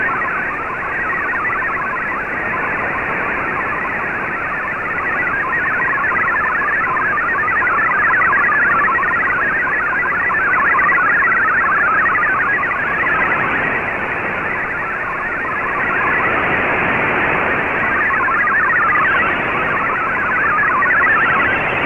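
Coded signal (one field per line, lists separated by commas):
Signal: multi-tone FSK (Olivia or MFSK type)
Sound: fast burbling stream of hopping tones, one at a time, over constant hiss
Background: radio static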